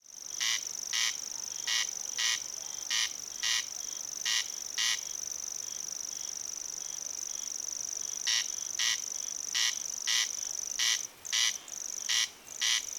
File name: Crex crex